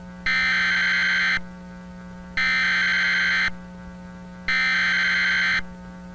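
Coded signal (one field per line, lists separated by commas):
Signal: Emergency Alert System (SAME) tones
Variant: header bursts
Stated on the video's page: Fictional severe thunderstorm warning with valid EAS tones, made in Vegas Pro 15.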